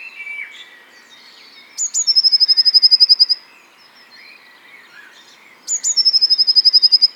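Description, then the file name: Eurasian blue tit song, a pair of sharp high introductory notes followed by a rapid ringing trill, repeated after a few seconds. "blaumeise gesang nabu lars lachmann"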